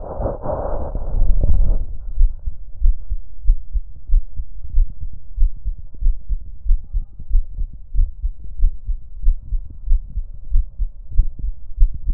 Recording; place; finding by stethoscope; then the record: heart sounds by stethoscope; tricuspid valve (TV); normal heart sounds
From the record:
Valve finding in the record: tricuspid regurgitation, grade 1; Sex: female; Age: 43 years